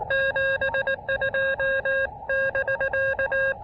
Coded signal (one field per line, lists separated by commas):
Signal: Morse code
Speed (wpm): 18 wpm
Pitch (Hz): 1600 Hz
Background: none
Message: 72 <BK>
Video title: A Low-Profile, Low-Impact POTA Activation at Myrtle Beach State Park!